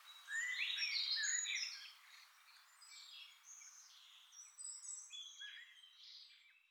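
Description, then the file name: European robin song: a loud opening burst of sweet warbles, then softer, thin phrases trailing off. "Erithacus rubecula"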